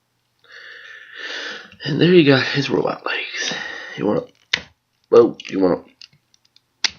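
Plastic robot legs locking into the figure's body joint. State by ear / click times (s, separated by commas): seated / 6.9 s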